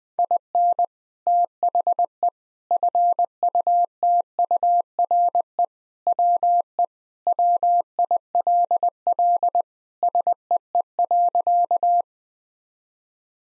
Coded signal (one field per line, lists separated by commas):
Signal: Morse code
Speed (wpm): 21 wpm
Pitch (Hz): 700 Hz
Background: none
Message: IN THE FUTURE WE WILL SEE.